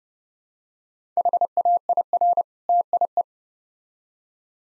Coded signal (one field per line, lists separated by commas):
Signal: Morse code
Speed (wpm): 29 wpm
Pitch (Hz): 700 Hz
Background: none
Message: HAIR TIE